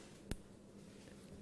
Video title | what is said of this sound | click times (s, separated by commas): Jewellery Maker Live 24/12/2015 - 8am - 12pm | you can hear that snap together can't you | 0.3 s